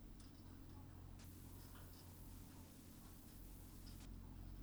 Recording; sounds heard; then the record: poultry house recording; healthy chickens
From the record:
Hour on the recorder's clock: 22